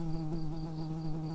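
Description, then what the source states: Early bumblebee buzz: a steady, low droning hum with rich overtones, holding an even pitch throughout with slight wavering. Worker bumblebees.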